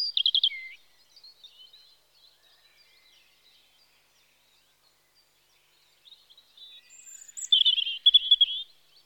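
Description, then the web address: European robin song: a quick trilled phrase at the start, then quiet, then a richer warbling burst of high notes near the end. Spring. "BBC Sound Effects Library Birds Robin (Erithacus Rubecula) Spring"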